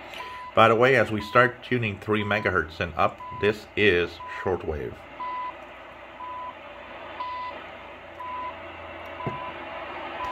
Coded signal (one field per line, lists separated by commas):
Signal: radio time signal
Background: speech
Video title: What is there to tune 3000 - 4000 kHz Shortwave using Tecsun H-501X on MLA 30 loop